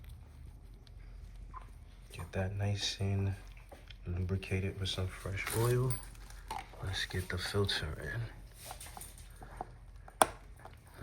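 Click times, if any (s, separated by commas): 10.2 s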